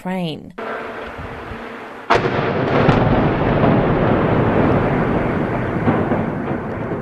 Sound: Sound of explosions in Kyiv